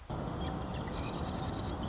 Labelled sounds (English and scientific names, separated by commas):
Marsh Wren (Cistothorus palustris)